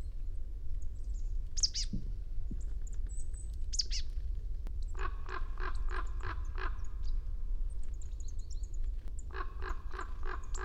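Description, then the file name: Marsh tit calls: a few sharp high notes early, then two runs of harsh, nasal buzzy notes repeated rapidly, several in each run, against low background rumble. "Poecile palustris"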